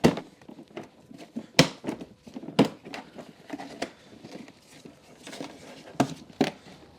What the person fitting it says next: And each 1, 2, 3, they all click into place.